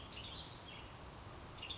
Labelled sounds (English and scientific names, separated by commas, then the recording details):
Western Tanager (Piranga ludoviciana)
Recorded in Sonoma County, California